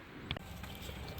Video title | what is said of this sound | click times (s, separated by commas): How remove/replace door lock key cylinder /window regulator/door handle on a 2011-2020 Dodge Durango | you can see it on both sides we lift up its latch down in there and you'll hear it click | 0.3 s